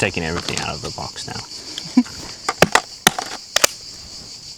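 Someone talks while taking a spare 18 V tool battery, compatible with a different brand, out of the box and sliding it into cordless pruning shears. A series of sharp knocks and clicks follows, the loudest at 3.1 s, over a steady high-pitched hiss that runs through the whole clip. The battery seats in the shears.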